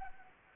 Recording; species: mosquito wingbeat signal from an infrared sensor; Anopheles gambiae